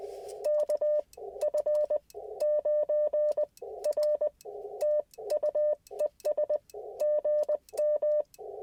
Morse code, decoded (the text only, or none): KF9R TUES GM